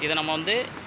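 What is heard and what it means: Someone talks while a plastic side fitting, held by two clips, is handled at an angle against the body of a Honda Grazla scooter, ready to be pressed until the clips lock. Nothing has seated or clicked yet.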